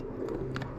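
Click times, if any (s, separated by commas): 0.6 s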